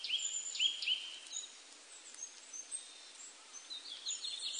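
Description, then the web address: Willow tit song: three clear, bright whistled notes in quick succession at the start, followed by thin chirps and whistles from other birds. Recorded 12 April 1998. "1998 980412 kogara"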